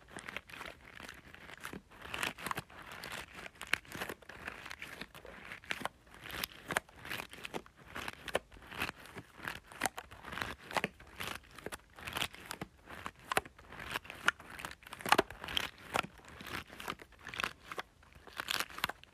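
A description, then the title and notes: Rice being played with, rustling and pouring in a dense, irregular stream of small crisp ticks and crackles. Sharper bursts stand out every half second or so across the whole clip, bright and grainy, with no steady tone underneath. ASMR Playing with Rice.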